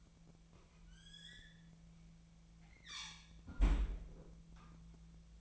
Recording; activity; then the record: daily activity, microphone in the room; close fridge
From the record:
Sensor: 1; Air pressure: 1009.7 hPa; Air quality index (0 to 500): 194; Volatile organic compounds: 19 ppm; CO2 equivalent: 2650 ppm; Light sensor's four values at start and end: 30/77/32/39 and 30/77/32/38